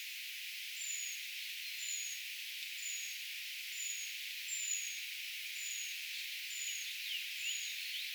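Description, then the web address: Eurasian treecreeper calls: short, very high, thin notes that slide slightly downward, repeated steadily against a constant hiss. Calls of a brood of young, recorded 4 June 2025; identification tentative. "paivat 4 6 2025 tietaakseni puukiipijapesueen aantelya"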